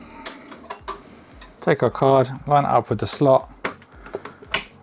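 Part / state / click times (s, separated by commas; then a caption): graphics card into motherboard PCIe slot / seated / 4.5 s. Someone talks while an RX 6750 XT graphics card is lined up with the motherboard's PCIe slot and wiggled down, with light taps and scrapes throughout. The slot's retention latch gives a sharp click at 4.5 s as the card seats.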